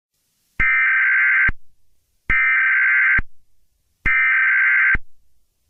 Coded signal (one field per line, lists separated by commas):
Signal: Emergency Alert System (SAME) tones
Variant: header bursts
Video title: Eas scenario-the killer